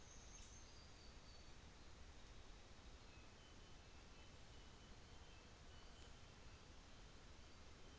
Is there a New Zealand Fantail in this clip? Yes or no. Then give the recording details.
yes. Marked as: faintness 3/5. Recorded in New Zealand on 24 December 2018. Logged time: 15:00